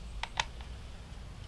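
A Syma X8C drone's camera cable plug is pushed into its socket on the drone body, giving two sharp, short clicks at 0.2 s and 0.4 s, then a fainter tap at about 0.6 s. The plug is seated.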